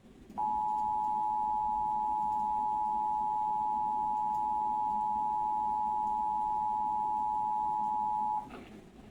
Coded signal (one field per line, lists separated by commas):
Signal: Emergency Alert System (SAME) tones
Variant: 853 and 960 Hz attention tone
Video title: Fox 26 EAS Test part 2